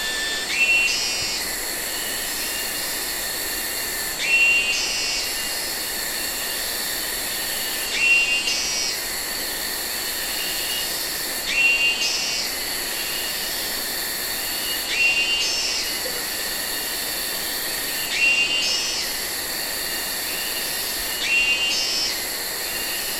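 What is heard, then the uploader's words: Sumatran jungle ambience dominated by a dense, high-pitched insect drone that never lets up. Every three to four seconds a brief rising chirp and swell repeats on a steady cycle over the hiss, while the low end stays quiet and empty. Recorded in Sumatra jungle, Ketambe, Indonesia. Sony PCM D50, Rode NT4, FEL BMA.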